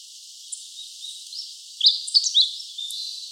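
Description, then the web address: Meadow bunting giving one brief phrase of quick, bright, high twittering notes over a steady faint hiss. Recorded 23 February 2018. "birdenaga hojiro"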